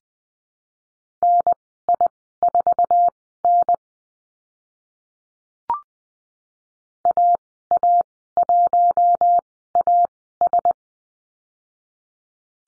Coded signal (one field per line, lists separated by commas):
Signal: Morse code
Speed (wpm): 20 wpm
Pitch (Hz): 700 Hz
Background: none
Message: NI4N AA1AS